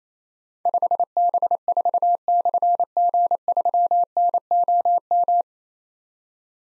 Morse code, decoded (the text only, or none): 5B4/G3NOM